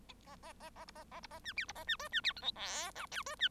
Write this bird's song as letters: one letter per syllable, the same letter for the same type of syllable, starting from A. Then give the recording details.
A A A A B A A B A C D B A C E C D F G H I J E C. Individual Bird1